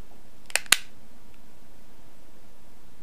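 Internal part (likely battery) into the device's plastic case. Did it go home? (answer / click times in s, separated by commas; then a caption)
yes / 0.6 s, 0.7 s. An internal part of a GotVapes Ultimo Vision 950 e-cigarette, likely its 850 mAh battery, is pressed by hand into the device's plastic case, where it snaps into place before being glued. Two sharp, loud clicks ring out at 0.6 and 0.7 seconds against quiet background hiss, and the part is seated.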